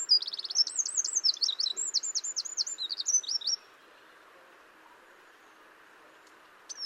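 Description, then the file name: Eurasian wren song: a brisk high burst of trills and repeated looping whistles ending after about three and a half seconds, followed by quiet. "Troglodytes troglodytes"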